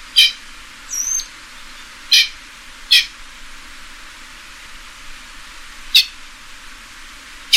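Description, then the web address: Pheasant making short, harsh call bursts at uneven intervals over a steady background hiss, with a brief thin whistle early on. "animal-sound pheasant-sound"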